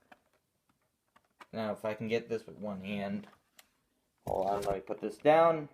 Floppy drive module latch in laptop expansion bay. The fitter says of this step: You click that, you hear something.